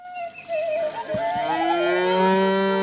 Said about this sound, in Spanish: Mira, la vaca de Silviña acaba de salir.